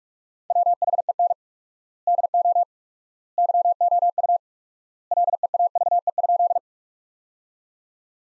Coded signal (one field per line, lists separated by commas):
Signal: Morse code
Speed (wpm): 47 wpm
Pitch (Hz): 700 Hz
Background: none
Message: WHEN DO YOU LEAVE?